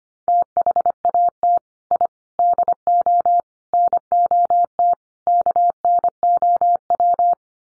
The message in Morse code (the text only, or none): THAT I DO NOT KNOW